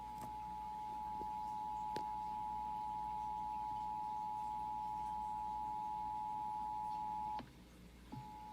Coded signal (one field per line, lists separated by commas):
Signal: Emergency Alert System (SAME) tones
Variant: 853 and 960 Hz attention tone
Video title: Riverside San Bernardino Required Monthly Test EAS #494 499